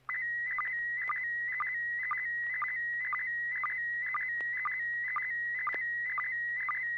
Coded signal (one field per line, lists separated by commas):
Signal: SSTV (slow-scan television)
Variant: PD 120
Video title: N6NA SSTV Net - 11/29/2023